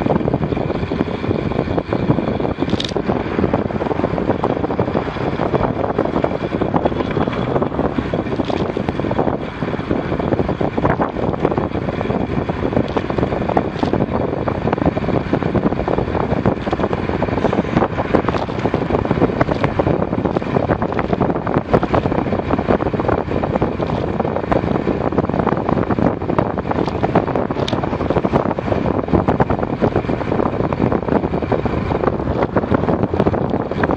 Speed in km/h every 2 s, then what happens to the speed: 34, 37, 36, 41, 43, 40, 46, 47, 45, 43, 46, 43, 42, 44, 42, 39, 38.
0-12 speeds up to 46. 12-21 steady at about 46. 21-34 slows to 38.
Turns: none.